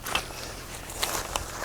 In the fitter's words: And you'll notice right there it clicked in place, and that's what it looks like before it's extended.